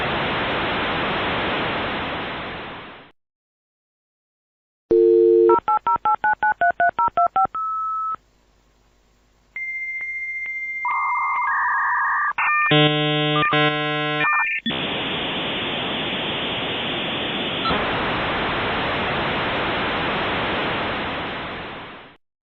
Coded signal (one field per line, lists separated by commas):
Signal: dial-up modem handshake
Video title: Modem Sound Effect